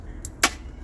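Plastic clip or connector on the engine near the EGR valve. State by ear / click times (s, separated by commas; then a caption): seated / 0.4 s. During an EGR valve replacement on the 2.0 FSI engine of a VW Eos, a part near the EGR valve is pushed on. A faint tick at 0.3 s is followed by a sharp, bright click at 0.4 s as the part snaps right into place and is seated.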